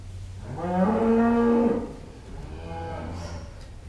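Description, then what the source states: Cow giving a loud, drawn-out moo followed by a shorter, quieter second moo, over a low hum. Cows in a pen.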